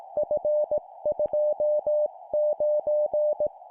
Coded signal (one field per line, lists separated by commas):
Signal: Morse code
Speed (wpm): 18 wpm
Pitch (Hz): 600 Hz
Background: music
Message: F29